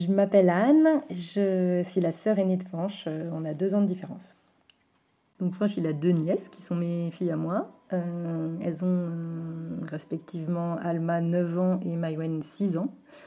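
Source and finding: Adult woman speaking French. Normal voice.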